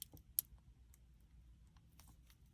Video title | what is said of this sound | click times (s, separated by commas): Whispered rambling while I build Miraidon ASMR | Did it click? There was no click. | none